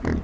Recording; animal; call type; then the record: contact call of a hoofed animal; wild boar; grunt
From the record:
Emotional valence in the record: positive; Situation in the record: food anticipation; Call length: 0.24 s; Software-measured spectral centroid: 1310 Hz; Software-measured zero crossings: 570 a second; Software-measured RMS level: -25 dBFS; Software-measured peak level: -14 dBFS